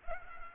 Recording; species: mosquito wingbeat signal from an infrared sensor; Culex pipiens